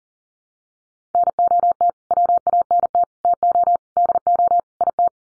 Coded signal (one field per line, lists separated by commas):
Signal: Morse code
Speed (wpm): 40 wpm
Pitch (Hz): 700 Hz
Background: none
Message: NOT WANT TO DO IT